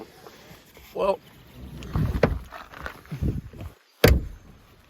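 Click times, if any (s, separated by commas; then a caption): 4.0 s. Someone talks while pushing the rear seat backrest of a 2021 Citroen C3 Shine into its latch on the body, with a few softer knocks around 1.8–2.9 s. The backrest has to be slammed a little to lock, and a firm slam makes it latch with a loud thump-click at 4.0 s.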